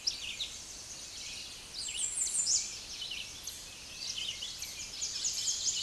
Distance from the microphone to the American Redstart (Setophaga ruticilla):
about 20 m